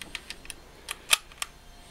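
Rifle cartridges are pressed one after another into a nearly full steel rifle box magazine, held so each round goes in vertically, and they snap right in despite the high spring pressure. Six short, sharp metallic clicks are heard at 0.2, 0.3, 0.5, 0.9, 1.1 and 1.4 seconds, the one at 1.1 seconds the loudest. Each cartridge seats in the magazine without trouble.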